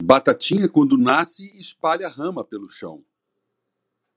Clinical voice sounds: short text; Brazilian Portuguese; male; 50 to 59 years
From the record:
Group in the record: control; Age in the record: 59 years

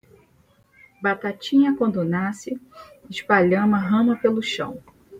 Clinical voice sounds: short text; Brazilian Portuguese; female; 40 to 49 years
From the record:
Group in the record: control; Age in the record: 41 years

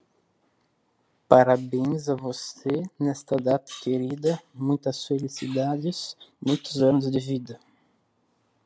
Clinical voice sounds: short text; Brazilian Portuguese; male; 20 to 29 years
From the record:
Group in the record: control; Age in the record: 26 years

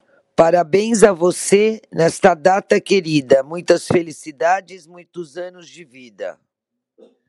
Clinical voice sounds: short text; Brazilian Portuguese; female; 60 to 69 years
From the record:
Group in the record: control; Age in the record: 60 years

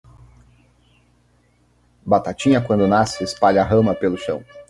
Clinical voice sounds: short text; Brazilian Portuguese; male; 20 to 29 years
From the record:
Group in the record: control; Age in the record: 29 years

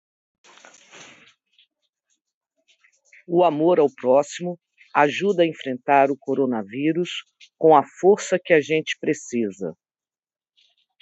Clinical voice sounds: spoken sentence; Brazilian Portuguese; female; 50 to 59 years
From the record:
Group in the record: control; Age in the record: 55 years

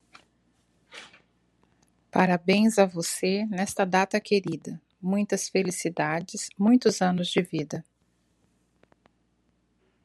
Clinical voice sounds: short text; Brazilian Portuguese; female; 50 to 59 years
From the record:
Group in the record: control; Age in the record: 53 years

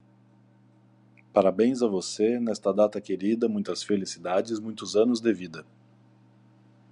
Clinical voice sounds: short text; Brazilian Portuguese; male; 30 to 39 years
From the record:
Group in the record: control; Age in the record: 35 years

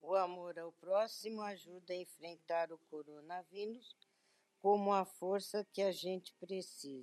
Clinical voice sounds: spoken sentence; Brazilian Portuguese; female; 60 to 69 years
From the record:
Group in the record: control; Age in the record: 68 years

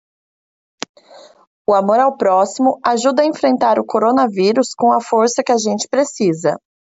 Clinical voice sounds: spoken sentence; Brazilian Portuguese; female; 30 to 39 years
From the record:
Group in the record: control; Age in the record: 31 years

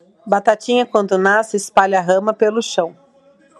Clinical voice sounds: short text; Brazilian Portuguese; female; 30 to 39 years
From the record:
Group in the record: control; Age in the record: 39 years

